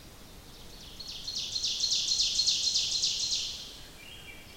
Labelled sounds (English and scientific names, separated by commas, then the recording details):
Ovenbird (Seiurus aurocapilla) song
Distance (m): 45 m
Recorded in boreal forest in Alberta, Canada, on 28 May 2016 at 07:12
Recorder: SongMeter 3, array SBT-3-49
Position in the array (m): 68 m, 250 m
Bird 14